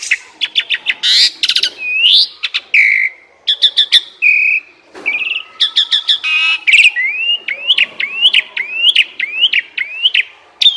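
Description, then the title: Asian pied starling singing rapid clicking stutters and harsh bursts, then a series of short rising whistles repeated about every half second toward the end. Bird-training masteran recording meant to stimulate birds that sing too little and are listless. "Masteran Jalak Suren"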